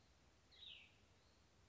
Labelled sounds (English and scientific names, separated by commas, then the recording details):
Cassin's Vireo (Vireo cassinii)
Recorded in Sonoma County, California